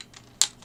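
The small transparent plastic tab on the back of a plastic beast figure, plugged in as an arm on a combined robot toy, is pushed in, and the arm is flicked away from the robot's joint. Faint light ticks at 0.0 s and 0.2 s are followed by one loud, sharp plastic snap at 0.4 s as the arm comes free. The arm's lock is released.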